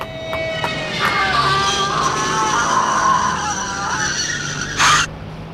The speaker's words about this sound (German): Sie ist blind über die Straße gerannt. Wahrscheinlich hat sie den Wagen überhaupt nicht gesehen. Sie ist ihm direkt unter die Räder gelaufen, Sir.